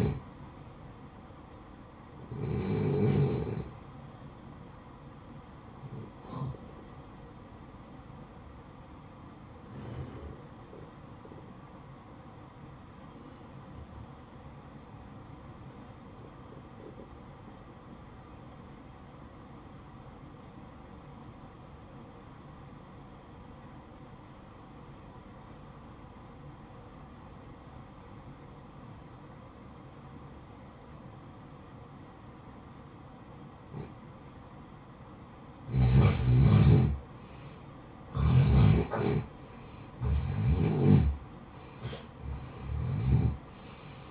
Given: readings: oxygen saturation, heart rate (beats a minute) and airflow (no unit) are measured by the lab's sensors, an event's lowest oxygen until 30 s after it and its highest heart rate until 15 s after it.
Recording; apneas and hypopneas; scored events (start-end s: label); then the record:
breathing in sleep by a smartphone at the bedside; 1
9.00-38.00 s: obstructive apnea (N1, oxygen 95% highest, then 87% lowest, heart rate 58 at the start, 71 highest)
From the record:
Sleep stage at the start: N1 (lightest sleep); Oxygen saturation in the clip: 86 to 95%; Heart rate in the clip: 56 to 71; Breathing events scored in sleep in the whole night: 573 in 9.8 hours asleep